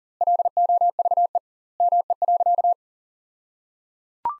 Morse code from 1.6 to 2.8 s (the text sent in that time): ME.